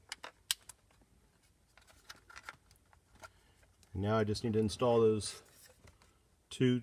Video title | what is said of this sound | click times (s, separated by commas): Tesla Model 3 Y Rear Controls Screen | it's lined up it snaps in place | 0.5 s